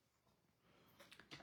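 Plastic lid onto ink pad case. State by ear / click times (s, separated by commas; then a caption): not seated / none. A plastic lid is handled onto an ink pad case after inking cocktail-glass stamps; it needs to click shut so the ink doesn't dry out. Quiet rustling builds into a few short plastic taps and knocks near the end. Nothing has seated or clicked yet.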